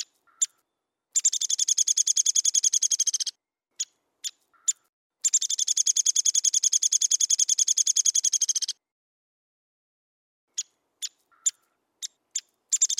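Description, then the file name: Downy woodpecker calls: crisp isolated notes alternating with two extended rapid rattles of steady pitch, then a quiet gap and a few more spaced notes. "suara burung pelatuk downy omkicau"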